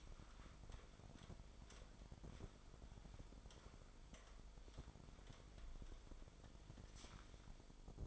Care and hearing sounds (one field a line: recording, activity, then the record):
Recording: daily activity, microphone in the room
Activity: wipe stove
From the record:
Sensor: 5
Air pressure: 1003.4 hPa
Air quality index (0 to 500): 148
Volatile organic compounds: 2 ppm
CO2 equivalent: 1072 ppm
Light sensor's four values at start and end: 39/86/38/45 and 38/84/38/44